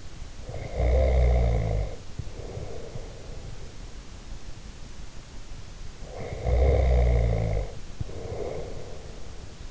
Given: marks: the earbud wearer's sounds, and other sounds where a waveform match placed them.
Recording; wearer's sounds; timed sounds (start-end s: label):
sounds in sleep by an in-ear microphone; snoring breath
0.40-3.98 s: snoring breath
5.97-9.71 s: snoring breath